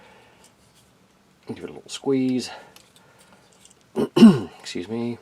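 A plastic transformable robot figure part is handled and squeezed toward its mating slot while someone talks, with faint small ticks of plastic handling around 3.0 to 3.8 seconds. Nothing has seated or clicked into place yet.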